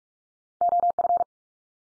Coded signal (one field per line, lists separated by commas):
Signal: Morse code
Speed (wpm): 44 wpm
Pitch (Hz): 700 Hz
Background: none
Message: OF